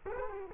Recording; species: mosquito wingbeat signal from an infrared sensor; Culex quinquefasciatus